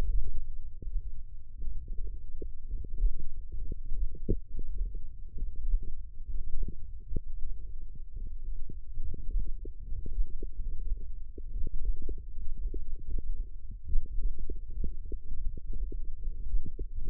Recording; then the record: forearm muscle sounds (acoustic myography)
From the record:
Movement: index flexion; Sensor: system 1, eight BSWA MPA416 microphones around the upper forearm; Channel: 6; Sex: male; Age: 23 years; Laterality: right